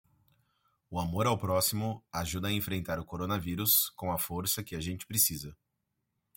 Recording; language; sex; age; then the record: spoken sentence; Brazilian Portuguese; male; 40 to 49 years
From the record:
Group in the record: control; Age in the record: 41 years